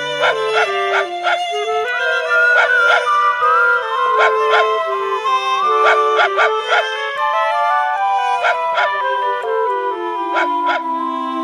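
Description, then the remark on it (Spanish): A female dog named Violeta howls in a wavering, song-like melody as she rides a bicycle, her long tones stepping up and down in pitch over steady, rhythmic tapping beats, loud and continuous throughout. “Y mi perra Violeta se va en bicicleta, cantando, cantando esta dulce canción.”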